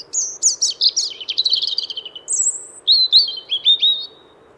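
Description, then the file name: European robin delivering a varied song: sharp high notes, a rapid descending trill, a long thin whistle, then fluty warbled phrases, over a faint low hum. "Golosa ptic i zverei - Zaryanka"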